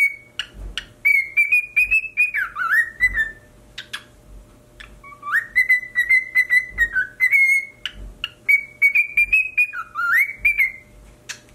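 Cockatiel song: extended wavering whistles holding a high pitch, dipping and rising in loops, with quick clicks and short chatters between phrases.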